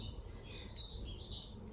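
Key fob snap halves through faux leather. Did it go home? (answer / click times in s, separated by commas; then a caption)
no / none. The two halves of a key fob snap are handled through faux leather vinyl before being pressed together to lock in place. High chirping tones run over a steady low background, with no distinct snap or click. Nothing has seated or clicked yet.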